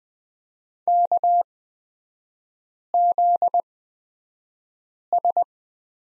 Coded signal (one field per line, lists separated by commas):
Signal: Morse code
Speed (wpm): 20 wpm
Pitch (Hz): 700 Hz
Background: none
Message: KZS